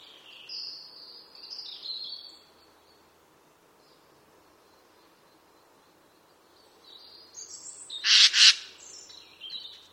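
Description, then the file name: Eurasian jay uttering a short, grating screech near the end, preceded by scattered high whistled notes from other birds and a quiet stretch. "Garrulus glandarius"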